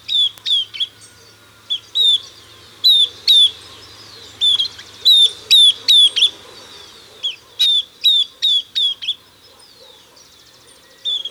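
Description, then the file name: Southern beardless tyrannulet calls loud and clear: crisp high descending notes in quick series, then silence near the end before one final note. "Camptostoma obsoletum - Southern Beardless Tyrannulet"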